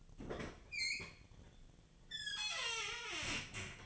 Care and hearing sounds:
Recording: daily activity, microphone in the room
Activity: open fridge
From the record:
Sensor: 4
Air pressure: 1010.4 hPa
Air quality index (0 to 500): 178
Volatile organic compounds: 5 ppm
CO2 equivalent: 1806 ppm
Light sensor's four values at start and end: 32/95/37/37 and 28/85/33/33

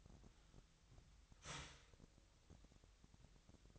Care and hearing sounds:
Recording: daily activity, microphone in the room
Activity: start toaster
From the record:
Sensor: 3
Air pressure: 1001.9 hPa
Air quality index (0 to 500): 246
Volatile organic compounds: 50 ppm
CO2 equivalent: 3294 ppm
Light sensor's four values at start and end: 13/40/17/15 and 13/40/17/15

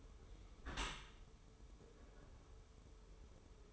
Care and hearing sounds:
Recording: daily activity, microphone in the room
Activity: close dishwasher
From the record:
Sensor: 1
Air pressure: 1015.0 hPa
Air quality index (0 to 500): 25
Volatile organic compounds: 0 ppm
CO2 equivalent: 500 ppm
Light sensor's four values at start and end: 13/30/12/13 and 13/30/12/13

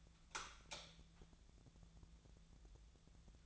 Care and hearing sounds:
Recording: daily activity, microphone in the room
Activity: light on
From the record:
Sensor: 3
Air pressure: 1000.0 hPa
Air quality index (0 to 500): 123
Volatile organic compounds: 2 ppm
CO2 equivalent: 1102 ppm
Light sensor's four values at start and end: 45/113/48/53 and 47/121/52/56

